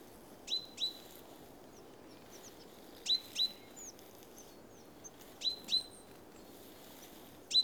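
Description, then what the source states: Bird calling with short, high, sharp chirps, usually doubled, repeated every two to three seconds against a soft, even background hiss. Recorded in Oostduinen.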